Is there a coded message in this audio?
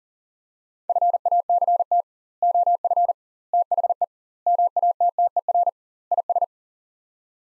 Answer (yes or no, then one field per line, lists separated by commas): yes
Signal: Morse code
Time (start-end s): 0.9-6.4 s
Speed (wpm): 40 wpm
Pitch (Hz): 700 Hz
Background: none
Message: FACT OF THE MATTER IS